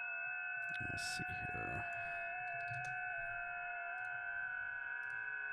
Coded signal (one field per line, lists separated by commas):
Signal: FT8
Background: speech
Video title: Sunday Afternoon Amatuer Radio